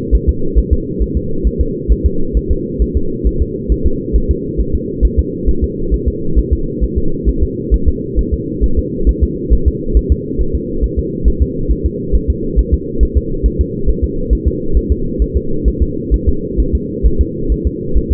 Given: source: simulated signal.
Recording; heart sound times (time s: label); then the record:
fetal heart sounds
0.15 s: S1
0.29 s: S2
0.58 s: S1
0.73 s: S2
1.02 s: S1
1.17 s: S2
1.47 s: S1
1.61 s: S2
1.92 s: S1
2.06 s: S2
2.37 s: S1
2.52 s: S2
2.82 s: S1
2.97 s: S2
3.27 s: S1
3.42 s: S2
3.72 s: S1
3.87 s: S2
4.16 s: S1
4.31 s: S2
4.61 s: S1
4.75 s: S2
5.05 s: S1
5.19 s: S2
5.49 s: S1
5.64 s: S2
5.94 s: S1
6.08 s: S2
6.39 s: S1
6.53 s: S2
6.84 s: S1
6.98 s: S2
7.29 s: S1
7.43 s: S2
7.74 s: S1
7.89 s: S2
8.19 s: S1
8.34 s: S2
8.64 s: S1
8.79 s: S2
9.09 s: S1
9.24 s: S2
9.53 s: S1
9.68 s: S2
9.97 s: S1
10.12 s: S2
10.41 s: S1
10.55 s: S2
10.84 s: S1
10.99 s: S2
11.28 s: S1
11.42 s: S2
11.72 s: S1
11.86 s: S2
12.15 s: S1
12.30 s: S2
12.59 s: S1
12.74 s: S2
13.03 s: S1
13.18 s: S2
13.46 s: S1
13.61 s: S2
13.89 s: S1
14.04 s: S2
14.33 s: S1
14.48 s: S2
14.77 s: S1
14.92 s: S2
15.22 s: S1
15.37 s: S2
15.68 s: S1
15.82 s: S2
16.14 s: S1
16.29 s: S2
16.60 s: S1
16.75 s: S2
17.06 s: S1
17.21 s: S2
17.52 s: S1
17.67 s: S2
17.98 s: S1
18.12 s: S2
From the record:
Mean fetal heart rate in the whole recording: 135 bpm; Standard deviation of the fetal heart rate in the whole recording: 3 bpm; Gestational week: 34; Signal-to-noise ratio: -8.1 dB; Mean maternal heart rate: 72 bpm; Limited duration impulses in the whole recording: absent